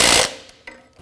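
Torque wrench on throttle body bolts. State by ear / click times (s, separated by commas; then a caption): torque reached / 0.7 s. A torque wrench tightens the throttle body mounting bolts on a 2011-2016 Ford F-350 6.2L V8 during an intake manifold gasket replacement, with the spec for all three bolts at 35 ft-lbs. A loud burst of broadband noise fades out, then a single sharp click of the wrench reaching its setting comes at 0.7 s, confirming the bolt is torqued.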